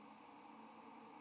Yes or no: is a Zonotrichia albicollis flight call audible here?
no